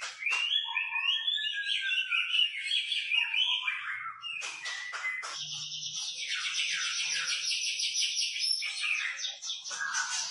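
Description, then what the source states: White-rumped shama giving a soft, dense warbling song with tumbling phrases and a long rattling trill, fairly quiet throughout. Lure recording of a constantly singing (gacor) white-rumped shama, played to make the bird respond at once.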